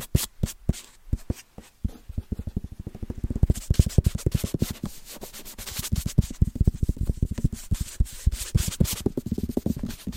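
Fast, rhythmic tapping on Christmas presents, with dense runs of quick strikes that start sparse in the first two seconds, then speed up into steady rapid bursts. Some taps are dull and low, others crisp with a papery rustle and scratch between them.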